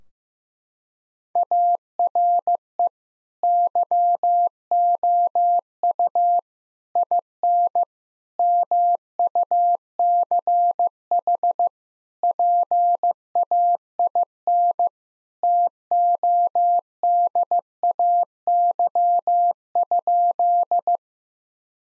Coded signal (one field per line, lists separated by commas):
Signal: Morse code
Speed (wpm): 15 wpm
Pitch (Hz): 700 Hz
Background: none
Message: ARE YOU IN MUCH PAIN TODAY?